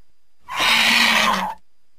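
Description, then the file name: Vulture hiss: one harsh, breathy rasp lasting about a second, broad and noisy with a faint low hum underneath, then silence. "Canto do Abutre"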